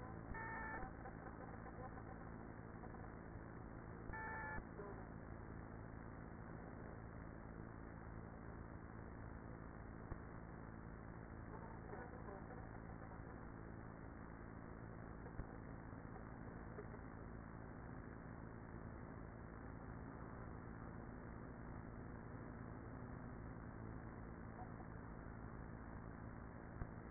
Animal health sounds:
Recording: honeybee colony, microphone inside the hive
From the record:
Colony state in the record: queenless with a low population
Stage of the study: after two queens were removed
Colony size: about 30,000 bees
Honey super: no

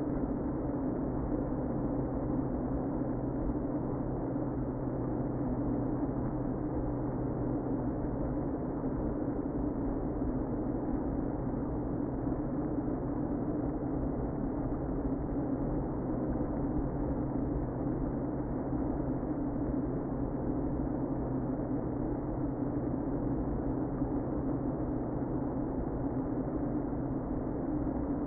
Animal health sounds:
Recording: honeybee colony, microphone inside the hive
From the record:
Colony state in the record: queen present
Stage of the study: before two queens were removed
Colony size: about 60,000 bees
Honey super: yes

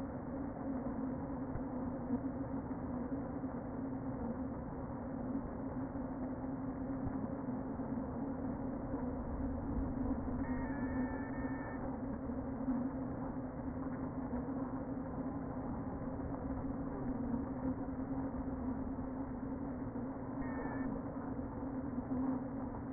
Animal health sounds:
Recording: honeybee colony, microphone inside the hive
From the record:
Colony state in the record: queen present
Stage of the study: before two queens were removed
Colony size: about 60,000 bees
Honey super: yes

